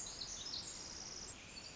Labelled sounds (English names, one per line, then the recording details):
Pacific Wren
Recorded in Sonoma County, California